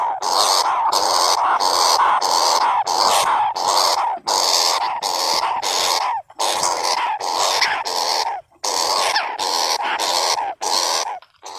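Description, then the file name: Flying squirrel with a steady run of harsh, grating calls, each burst brief and closely spaced, pausing now and then. "tieng soc bay keu chuan nhat"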